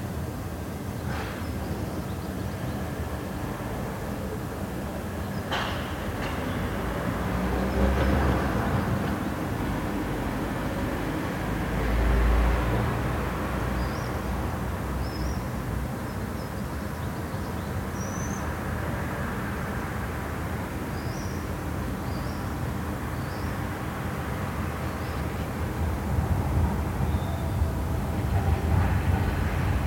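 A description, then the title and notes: A busy inner-city square in Cologne: a dense, steady wash of traffic rumble fills the whole half minute, swelling with passing vehicles near 8, 12 and 28 seconds. Sharp clicks land early on, and faint high bird chirps come through in the middle. Cologne, germany - inner city/barbarossaplatz. In the early morning of may 09th i recorded a little more than four continuous hours of the sonic urban environment from my balcony in the middle of a big german city. I live close to the centre along a busy thoroughfare and junction where a few main roads as well as a number of tram lines meet.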